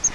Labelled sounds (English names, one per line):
Grace's Warbler flight call